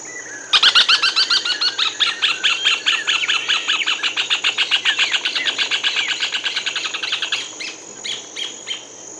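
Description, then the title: Bird singing a long, fast series of chirping and trilled notes that gradually fades, ending with a few scattered short notes. "LuckyPassaro Completos2Sama"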